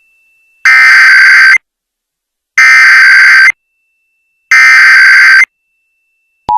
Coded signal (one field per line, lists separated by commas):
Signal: Emergency Alert System (SAME) tones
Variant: header bursts